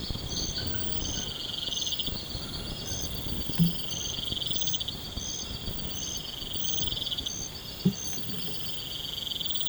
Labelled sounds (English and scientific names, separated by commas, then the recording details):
none
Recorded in pastures near Puerto Asís, Putumayo, Colombia, on 12 March 2025 at 02:00
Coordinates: 0.472, -76.329
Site G074